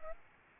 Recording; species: mosquito wingbeat signal from an infrared sensor; Aedes albopictus